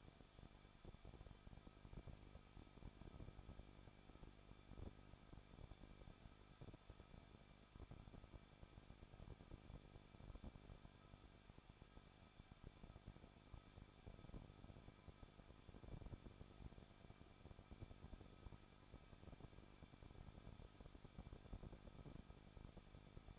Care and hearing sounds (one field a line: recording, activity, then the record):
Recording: daily activity, microphone in the room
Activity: no activity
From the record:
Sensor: 5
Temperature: 20.8 degrees Celsius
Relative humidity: 38.2%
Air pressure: 1006.5 hPa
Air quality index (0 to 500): 187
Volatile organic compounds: 18 ppm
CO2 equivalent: 2620 ppm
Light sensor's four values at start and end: 2/3/1/1 and 2/3/1/1